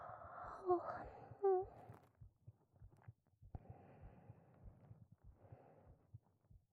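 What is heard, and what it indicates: Steady, soft low thumps of an adult heartbeat, heard while lying beside the person at night with an ear to the chest, repeat at about 79 beats a minute throughout. Breathy whispering and a sigh sit over the first two seconds, and faint breath noise returns later. A steady heartbeat at an ordinary resting pace.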